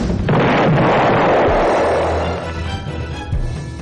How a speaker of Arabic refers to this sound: وبتاريخ 21 يناير عام 2016 وردت إشارة من نجدة الجيزة بسماع صوت انفجار بعقار بشارع حسن عثمان دائرة قسم شرطة الأهرام، وذلك أثناء تنفيذ مأمورية لاستهداف العناصر الإرهابية الخطرة بذات العقار